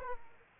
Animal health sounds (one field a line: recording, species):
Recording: mosquito wingbeat signal from an infrared sensor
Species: Aedes aegypti